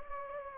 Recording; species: mosquito wingbeat signal from an infrared sensor; Anopheles gambiae